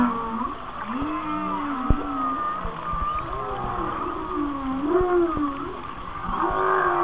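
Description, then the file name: Whale song: sliding moans rising and dipping in a wavy line, a high tone held above, and soft clicks scattered through. "Whale Songs- Mike Mc Donald"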